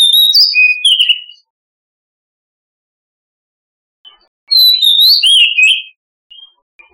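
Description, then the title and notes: Oriental magpie-robin song: a brief whistled phrase, a long silence, then another sweet, sliding phrase of mixed high notes. "Kicau Burung Kacer"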